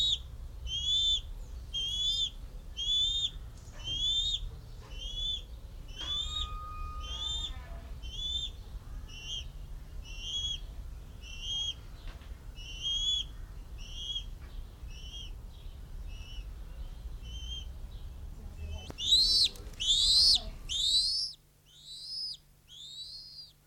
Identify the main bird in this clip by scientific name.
Haliaeetus leucocephalus